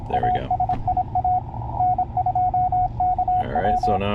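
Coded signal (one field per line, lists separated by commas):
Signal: Morse code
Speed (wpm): 25 wpm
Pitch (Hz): 730 Hz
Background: speech, radio noise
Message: ASIA N2KW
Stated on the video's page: Mobile station comparing Yaesu ATAS 120 and Tarheel antennas while driving.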